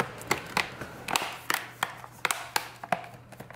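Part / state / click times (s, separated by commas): plastic bottom cover clips into laptop chassis / seated / 0.3 s, 0.6 s, 1.2 s, 1.5 s, 2.3 s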